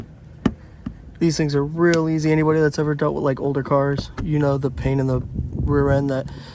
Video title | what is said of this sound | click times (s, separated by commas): Installing Led bulbs High/Low, Fog On My 10th Gen Civic | hear that click. | 0.5 s